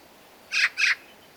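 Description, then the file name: Eurasian magpie uttering a quick pair of harsh, noisy chacks, the second following close behind the first. "Pica pica"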